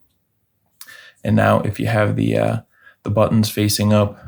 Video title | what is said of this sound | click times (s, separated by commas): Audi A3 Key Fob Battery Replacement (2016 - 2022) | Just click that into place like that. | 0.8 s